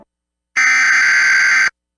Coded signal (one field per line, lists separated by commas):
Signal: Emergency Alert System (SAME) tones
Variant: header bursts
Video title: EAS Severe Storms Over Grand Marais, Minnesota and Lake Superior NOAA Weather Radio (NWS Duluth)